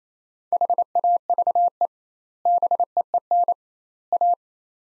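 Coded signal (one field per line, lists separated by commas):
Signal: Morse code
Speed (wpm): 28 wpm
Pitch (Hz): 700 Hz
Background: none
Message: HAVE BEEN A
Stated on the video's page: Morse practice of three-word sets at 28 wpm with 2x word spacing, a Farnsworth-like method applied to words, each set sent twice.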